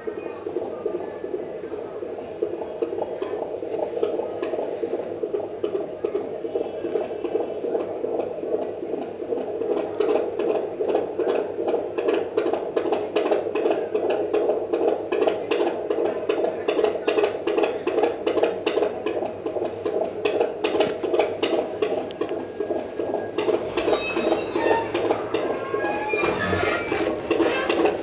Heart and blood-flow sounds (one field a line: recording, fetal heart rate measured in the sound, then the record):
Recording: fetal heartbeat by stethoscope microphone, probably a fetal Doppler's sound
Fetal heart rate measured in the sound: 151 bpm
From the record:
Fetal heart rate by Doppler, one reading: 149 bpm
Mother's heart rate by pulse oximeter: 94 bpm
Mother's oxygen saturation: 100%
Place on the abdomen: bottom middle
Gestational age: 37+ weeks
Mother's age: 24 years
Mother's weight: 65 kg